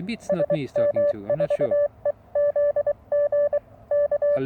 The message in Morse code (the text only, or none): SM4EZG K